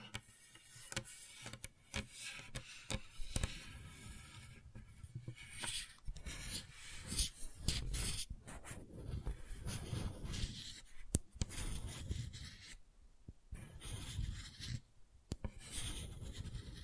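Gentle scratching and rubbing continues unevenly throughout, with frequent sharp clicks and taps, brief pauses near 13 and 15 seconds, and a soft low rumble.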